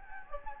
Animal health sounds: mosquito wingbeat signal from an infrared sensor; Anopheles gambiae

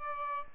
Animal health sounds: mosquito wingbeat signal from an infrared sensor; Aedes albopictus

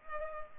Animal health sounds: mosquito wingbeat signal from an infrared sensor; Culex pipiens

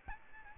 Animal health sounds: mosquito wingbeat signal from an infrared sensor; Aedes albopictus

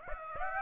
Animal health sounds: mosquito wingbeat signal from an infrared sensor; Aedes aegypti

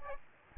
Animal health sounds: mosquito wingbeat signal from an infrared sensor; Aedes aegypti

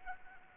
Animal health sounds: mosquito wingbeat signal from an infrared sensor; Anopheles arabiensis

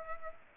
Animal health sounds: mosquito wingbeat signal from an infrared sensor; Culex pipiens

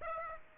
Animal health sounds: mosquito wingbeat signal from an infrared sensor; Aedes aegypti

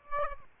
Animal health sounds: mosquito wingbeat signal from an infrared sensor; Aedes aegypti

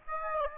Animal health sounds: mosquito wingbeat signal from an infrared sensor; Aedes aegypti

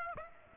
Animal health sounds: mosquito wingbeat signal from an infrared sensor; Aedes aegypti

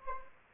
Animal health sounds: mosquito wingbeat signal from an infrared sensor; Anopheles arabiensis

